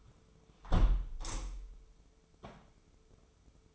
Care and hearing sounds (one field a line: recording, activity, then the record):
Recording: daily activity, microphone in the room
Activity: close window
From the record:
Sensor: 1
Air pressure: 995.7 hPa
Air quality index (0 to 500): 55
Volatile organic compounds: 2 ppm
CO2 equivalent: 1044 ppm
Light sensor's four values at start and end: 30/104/40/42 and 30/103/40/41